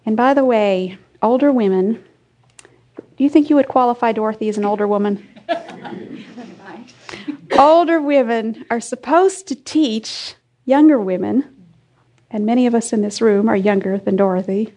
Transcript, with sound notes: By the way, older women—do you think you would qualify, Dorothy, as an older woman? (laughter) Older women are supposed to teach younger women, and many of us in this room are younger than Dorothy.